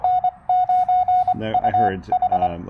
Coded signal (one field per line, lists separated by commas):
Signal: Morse code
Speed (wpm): 22 wpm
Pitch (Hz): 690 Hz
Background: radio noise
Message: N9UH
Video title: Knocking out a QRP POTA activation with Jonathan (KM4CFT)!